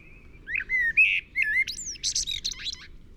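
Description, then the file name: Common blackbird singing a mellow whistled phrase of several slurred notes that breaks into squeaky, high twittering notes toward the close. "Turdus merula"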